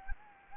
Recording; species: mosquito wingbeat signal from an infrared sensor; Anopheles gambiae